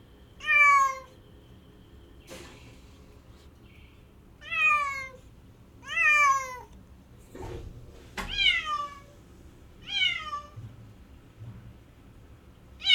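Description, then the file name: Cat giving repeated plaintive meows, with a few faint clicks and knocks between them. "Cat Crying"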